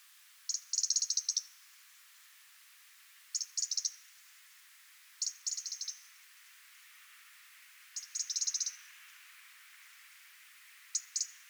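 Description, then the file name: European robin calling with bursts of fast, dry ticks, five clusters spaced roughly every two to three seconds, each a quick rattle of high clicks. "Erithacus rubecula"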